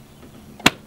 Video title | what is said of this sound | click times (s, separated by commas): I Was Just Threatened to Not Tell Anyone This | now it's snapped in place and it won't fall off | 0.7 s